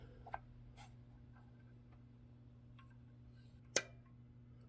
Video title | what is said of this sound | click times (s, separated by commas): 2013 honda civic 1.8l spark plug and coil over boot replacement | That click means that the threads are now | 3.8 s